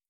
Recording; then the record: hydrophone in a shrimp aquaculture tank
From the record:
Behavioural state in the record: starved